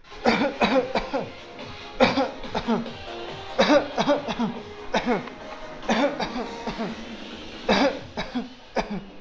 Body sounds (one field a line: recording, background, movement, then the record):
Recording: voluntary coughing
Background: music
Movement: walking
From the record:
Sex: male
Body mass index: 20.6 kg/m2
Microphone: on the chest, facing outward